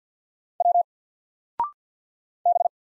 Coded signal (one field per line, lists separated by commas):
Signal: Morse code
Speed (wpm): 48 wpm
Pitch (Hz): 700 Hz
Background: none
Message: W B